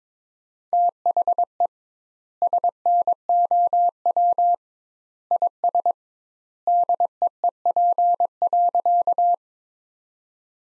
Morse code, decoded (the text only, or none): THE SNOW IS DEEP.